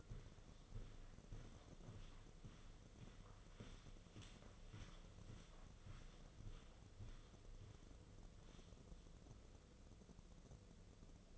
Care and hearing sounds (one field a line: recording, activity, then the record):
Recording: daily activity, microphone in the room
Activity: walk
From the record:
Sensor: 4